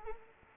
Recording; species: mosquito wingbeat signal from an infrared sensor; Anopheles arabiensis